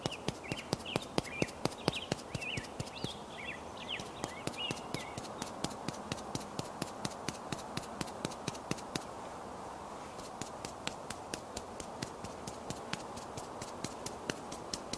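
Makeup being done outside: quick, regular tapping clicks continue over a steady hiss, with bird chirps early and a brief pause near ten seconds.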